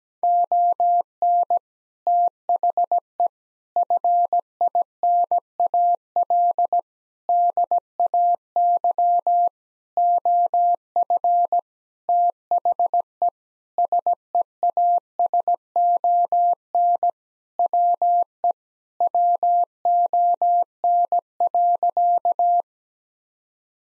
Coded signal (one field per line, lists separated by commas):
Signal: Morse code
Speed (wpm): 17 wpm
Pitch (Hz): 700 Hz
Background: none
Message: ON THE FINAL DAY OF THE SEASON WE WON.